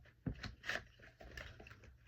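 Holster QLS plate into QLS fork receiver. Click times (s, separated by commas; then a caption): 0.7 s. A polymer pistol holster fitted with a QLS plate is pushed onto a QLS receiver fork, with light plastic handling taps around it. A sharp click at 0.7 s marks the plate locking into the fork, and the holster is seated.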